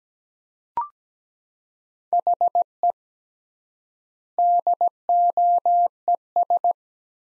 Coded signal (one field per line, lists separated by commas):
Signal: Morse code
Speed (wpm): 17 wpm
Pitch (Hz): 700 Hz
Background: none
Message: HE DOES